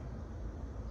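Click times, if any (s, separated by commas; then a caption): none. An installer handles the interior door panel of a Lexus IS300, lining its plastic retaining clips up with the car door frame. Only a steady low rumble is heard with no sharp sounds, and nothing has seated or clicked yet.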